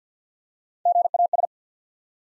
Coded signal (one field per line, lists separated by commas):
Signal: Morse code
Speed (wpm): 50 wpm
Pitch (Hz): 700 Hz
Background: none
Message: G A S